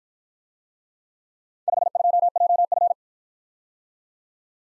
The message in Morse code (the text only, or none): 52JF